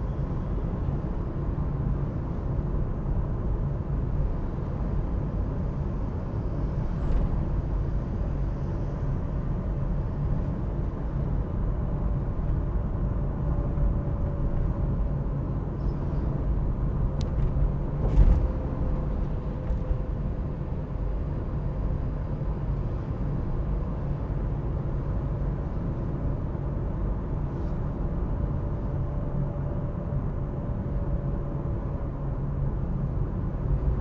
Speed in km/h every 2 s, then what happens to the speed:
55, 53, 53, 55, 55, 56, 59, 60, 59, 48, 48, 48, 51, 55, 59, 59, 59.
4-15 speeds up to 60. 15-18 brakes to 48. 18-23 steady at about 48. 23-28 speeds up to 59. 28-34 steady at about 59.